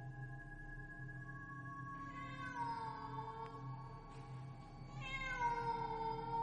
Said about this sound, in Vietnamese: Ở bên kia có tiếng mèo kêu vang lên trong đêm ghê rợn.